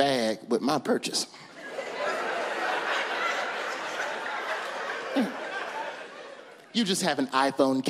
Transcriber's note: laughter